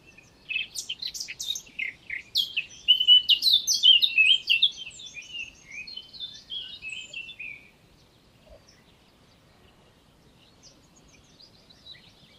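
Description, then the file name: Eurasian blackcap delivering one long warbled song of mixed twittering and fluty notes for about seven seconds, followed by silence. "Sylvia atricapilla"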